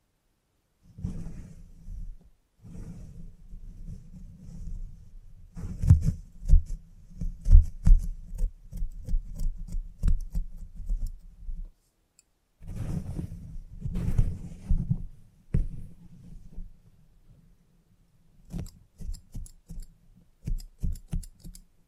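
Scissors and clipper work during a haircut: a low, steady buzz runs in stretches broken by short pauses near 2, 12 and 18 seconds. Quick, crisp snips and rustling bursts cluster over it, densest around 6 to 8 and 14 seconds.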